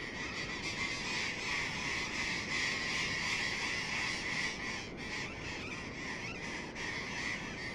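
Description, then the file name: Burrowing parrots calling en masse, a loud wall of harsh squawks with rhythmic rapid pulses, many birds calling at once. "tomas miguel - loros barranqueros"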